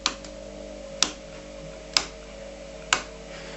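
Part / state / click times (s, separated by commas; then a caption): ink cartridge into inkjet printer carrier / seated / 0.1 s, 1.0 s, 2.0 s, 2.9 s. Four CISS ink cartridges are pressed down firmly at the back into an inkjet printer carrier. A sharp click sounds for each one at 0.1, 1.0, 2.0 and 2.9 seconds over a steady low hum, and they are seated properly.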